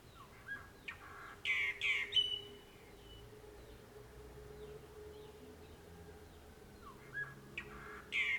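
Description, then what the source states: Bird song: short, bright chirps and high sweeping notes in scattered bursts, with a steady low hum running underneath throughout. Recorded in the morning.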